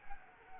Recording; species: mosquito wingbeat signal from an infrared sensor; Anopheles arabiensis